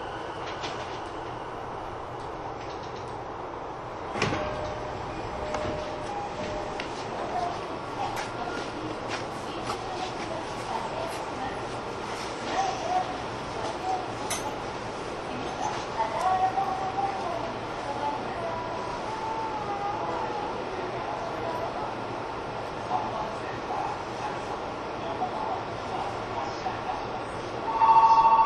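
Running sound of a Sotetsu–Saikyo through train, a steady low rumble and hum with dense rattling and clicks throughout. A sharp thump comes near four seconds, murmuring voices drift in the background, and the sound swells at the very end.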